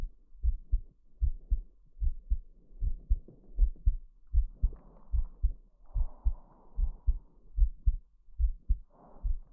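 Steady paired heart thumps from an adult heart at about 75 beats a minute, with a faint hum in the background.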